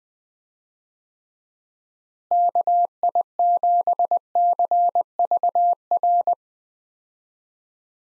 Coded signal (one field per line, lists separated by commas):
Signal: Morse code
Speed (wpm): 20 wpm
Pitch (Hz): 700 Hz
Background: none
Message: KI7CVR